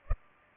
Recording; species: mosquito wingbeat signal from an infrared sensor; Culex pipiens